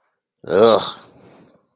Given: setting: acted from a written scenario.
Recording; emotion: vocal sound without words; disgust